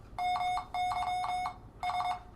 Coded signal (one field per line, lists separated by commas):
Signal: Morse code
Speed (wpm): 23 wpm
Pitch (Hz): 730 Hz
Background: none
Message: MYS